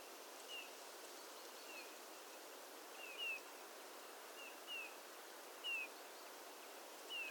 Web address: il canto del pettirosso durante il volo